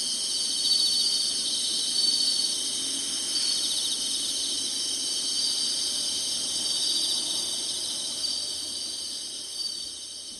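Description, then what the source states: Insects in a steady high-pitched buzzing chorus that fades slightly toward the end. Singing, in summer.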